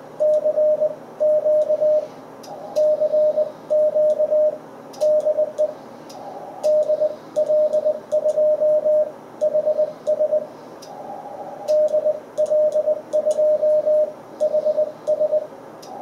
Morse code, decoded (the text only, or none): CQ CQ DE DL2HS DL2HS